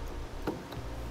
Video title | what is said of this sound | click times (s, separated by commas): Install: Roadmaster Diode 7-Wire to 6-Wire Flexo-Coil Wiring Kit on a 2017 Jeep Wrangler Unlimited | plug the connector in until it locks into place. | 0.5 s